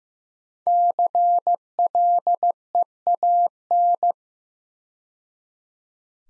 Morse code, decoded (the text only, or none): CLEAN